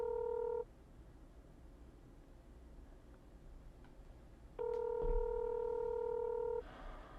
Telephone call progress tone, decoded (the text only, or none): ringback tone